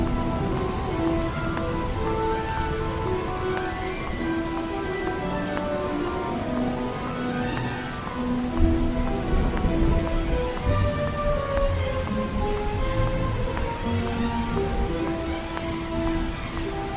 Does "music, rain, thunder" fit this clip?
yes